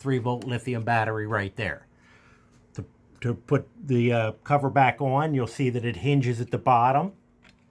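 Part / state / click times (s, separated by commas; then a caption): plastic cover on wireless door sensor transmitter housing / not seated / none. Someone talks while handling the plastic cover of an Ademco 5816 wireless door transmitter, which hinges at the bottom and is being put back on over the 3-volt lithium battery. The clip ends before the cover snaps shut; nothing has seated yet.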